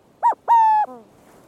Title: Burrowing Owl